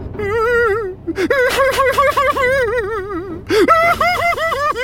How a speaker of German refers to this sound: Dann fängt es jämmerlich an zu weinen.